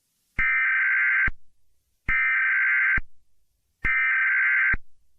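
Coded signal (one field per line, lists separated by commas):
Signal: Emergency Alert System (SAME) tones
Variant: header bursts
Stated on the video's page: Fake EAS scenario using valid EAS tones, not a real broadcast.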